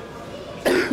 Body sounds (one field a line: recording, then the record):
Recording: coughing mixed with background sound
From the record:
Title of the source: Coughing 77